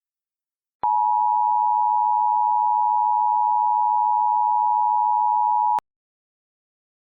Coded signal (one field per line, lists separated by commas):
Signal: Emergency Alert System (SAME) tones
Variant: 853 and 960 Hz attention tone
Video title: EAS Scenario: The Genetic Code Part 5